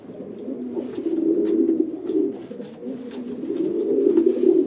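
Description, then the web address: Pigeon cooing, a low, continuous, throaty warble that rises and falls in loudness, with faint taps in the background. "sound bird-pigeon"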